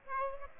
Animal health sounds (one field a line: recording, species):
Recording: mosquito wingbeat signal from an infrared sensor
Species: Aedes aegypti